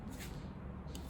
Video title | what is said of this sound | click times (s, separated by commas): Pneumatic Nailers – V 0.50 | this comes back here and locks into place | 0.9 s